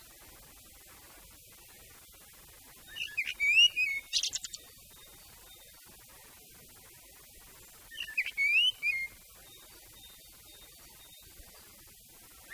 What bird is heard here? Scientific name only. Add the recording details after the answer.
Turdus merula. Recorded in the wild. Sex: male. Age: adult. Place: Erlangen, Bayern, DE. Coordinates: 49.6075, 11.0092. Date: 1966. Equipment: Nagra, Vollspur. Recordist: Tretzel, Erwin. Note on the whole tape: Erlangen, Burgberg. Männchen: Gesang ("spezielles Motiv"). Ungenaue Datumsangabe: April 1966